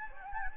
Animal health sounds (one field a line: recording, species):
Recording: mosquito wingbeat signal from an infrared sensor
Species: Anopheles gambiae